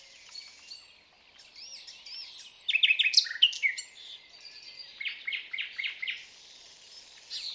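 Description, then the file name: Common nightingale delivering quiet whistles that build into a loud, complex flurry of sharp notes, then a series of repeated chattering phrases. "Luscinia megarhynchos"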